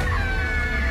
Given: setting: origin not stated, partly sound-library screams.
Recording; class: one-second piece from a danger detection set; woman in danger